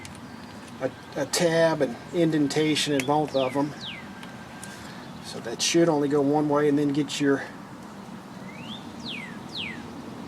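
During a Yamaha QT50 scooter engine install, the black and red wiring harness connector for the engine wiring, which has a matching tab and indentation so it fits only one way, is handled while someone talks. Small handling ticks are heard around 4.2 and 4.6 seconds, with faint high chirps near the end. Nothing has seated or clicked yet.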